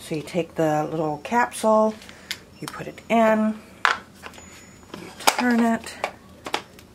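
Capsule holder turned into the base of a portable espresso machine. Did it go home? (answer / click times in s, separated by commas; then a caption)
yes / 6.5 s. A coffee capsule is placed into the bottom holder of a CISNO portable travel espresso machine, and the holder is turned into the base while someone talks. Several short plastic knocks and handling sounds follow, and the holder clicks home and locks at about 6.5 seconds.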